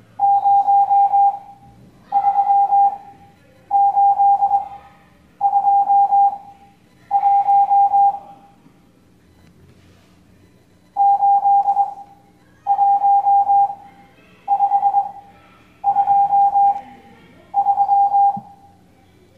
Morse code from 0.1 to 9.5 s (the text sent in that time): 03821